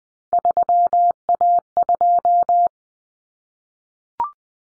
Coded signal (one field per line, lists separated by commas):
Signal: Morse code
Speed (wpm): 20 wpm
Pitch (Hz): 700 Hz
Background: none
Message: 3A2